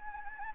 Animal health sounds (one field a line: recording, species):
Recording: mosquito wingbeat signal from an infrared sensor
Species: Anopheles gambiae